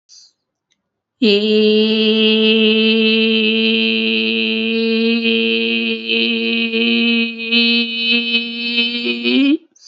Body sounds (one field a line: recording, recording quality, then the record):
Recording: sustained vowel as in made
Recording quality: excellent, no background noise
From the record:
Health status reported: recovered from COVID-19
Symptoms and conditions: breathing difficulty, fever, fatigue, muscle pain, asthma, pneumonia, hypertension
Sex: female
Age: 49 years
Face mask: not worn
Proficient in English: yes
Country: India